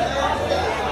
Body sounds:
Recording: background sound without coughing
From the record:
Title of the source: CITY SOUNDS Busy Bar in the Evening Night - 2 HOURS of Ambiance for Relaxation

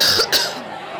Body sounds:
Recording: coughing mixed with background sound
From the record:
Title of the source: November cold (wet coughing)

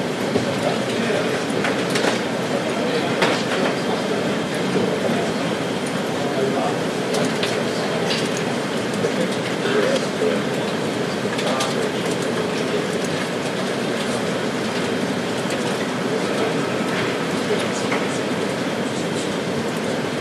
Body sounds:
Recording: background sound without coughing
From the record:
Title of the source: Office Sounds Ambience - Background Noise for Study and Work

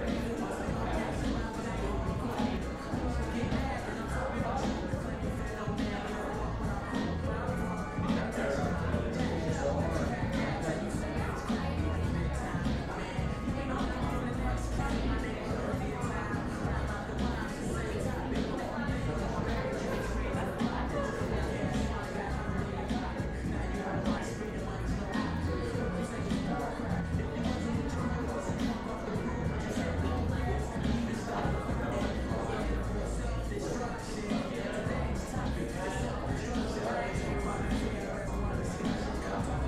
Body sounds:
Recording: background sound without coughing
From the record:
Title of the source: 60 minutes of coffee shop sounds for study and concentration

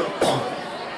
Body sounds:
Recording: coughing mixed with background sound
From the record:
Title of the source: Coughing 77

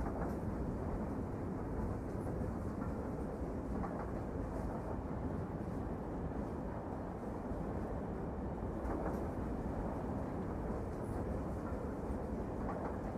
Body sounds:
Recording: background sound without coughing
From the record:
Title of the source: Train Ride Ambience ambient white noise for sleeping, focus, studying, reading

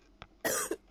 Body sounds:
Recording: coughing mixed with background sound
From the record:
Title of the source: 30 Chesty and wet cough

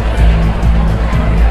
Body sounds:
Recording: background sound without coughing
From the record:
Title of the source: Party Noise 1 Hour Party Ambience

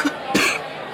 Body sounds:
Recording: coughing mixed with background sound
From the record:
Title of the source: 64 coughing, allergies, singing lungs

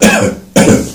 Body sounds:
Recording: coughing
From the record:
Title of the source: Spring Cold Coughing.

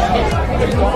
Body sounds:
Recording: background sound without coughing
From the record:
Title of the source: Nightlife Party Simulating Party Club Noise 1 Hour

